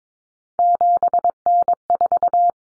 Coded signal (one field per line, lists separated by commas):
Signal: Morse code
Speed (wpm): 22 wpm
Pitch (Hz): 700 Hz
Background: none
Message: 7N4